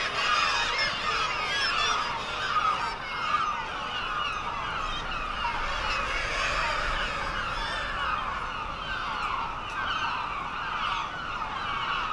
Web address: sound Black-legged-kittiwake. صدای-پرنده-کاکایی-پاسیاه